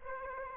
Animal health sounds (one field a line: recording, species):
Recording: mosquito wingbeat signal from an infrared sensor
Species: Aedes aegypti